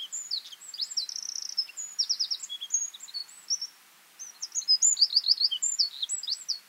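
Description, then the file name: Eurasian wren song, loud and high-pitched, with quick ticking notes, a buzzy trill and rapid rattles, a short gap, then another energetic trilled phrase. "Troglodytes troglodytes"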